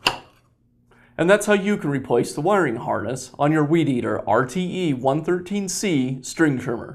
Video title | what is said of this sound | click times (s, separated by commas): How to Replace the Wiring Harness on a Weed Eater RTE113C String Trimmer (Part # 545090401) | and then the spool just snaps in place. | 0.1 s